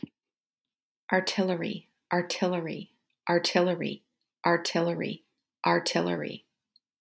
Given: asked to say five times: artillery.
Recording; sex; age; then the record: repeated word; female; 40 to 49 years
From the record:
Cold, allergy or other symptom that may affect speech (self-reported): no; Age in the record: 41 years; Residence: Wisconsin, United States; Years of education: 17